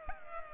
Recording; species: mosquito wingbeat signal from an infrared sensor; Culex pipiens